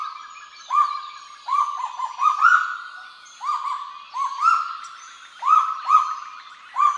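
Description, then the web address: Kagu calling with loud, held yelping notes that rise slightly at the start, delivered in clusters with short gaps between. "sound Kagu. صدای-پرنده-کاگو"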